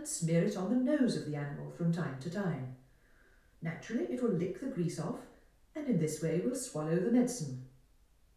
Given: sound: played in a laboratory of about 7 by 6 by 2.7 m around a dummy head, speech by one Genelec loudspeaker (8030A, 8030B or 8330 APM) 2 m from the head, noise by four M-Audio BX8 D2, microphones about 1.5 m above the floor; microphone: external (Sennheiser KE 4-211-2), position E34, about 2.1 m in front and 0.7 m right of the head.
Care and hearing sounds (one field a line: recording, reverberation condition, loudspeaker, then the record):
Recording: female speech in English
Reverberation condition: medium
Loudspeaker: 150 degrees to the right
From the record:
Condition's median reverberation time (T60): about 510 ms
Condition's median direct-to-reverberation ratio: about -0.5 dB